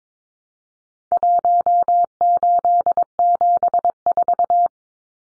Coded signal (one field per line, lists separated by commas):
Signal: Morse code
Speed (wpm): 22 wpm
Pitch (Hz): 700 Hz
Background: none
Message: 1874